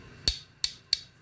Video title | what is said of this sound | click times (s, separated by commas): AEA Compact defender frame shooting and build guide! | you move it over, and it'll snap in place. You want to make sure that it's all the way down there. | 0.6 s, 0.9 s